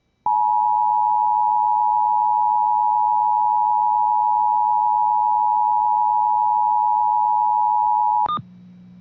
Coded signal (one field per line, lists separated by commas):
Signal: Emergency Alert System (SAME) tones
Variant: 853 and 960 Hz attention tone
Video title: Tornado Watch for TX #182 (EAS #12)